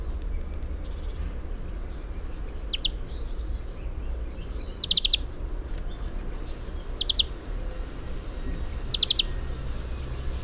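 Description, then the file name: European greenfinch calls in short, rapid trilled bursts, four clusters spaced about two seconds apart, over steady low rumbling background noise. "Chloris chloris"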